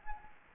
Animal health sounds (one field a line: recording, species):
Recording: mosquito wingbeat signal from an infrared sensor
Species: Anopheles gambiae